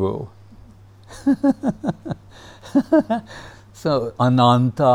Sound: laughs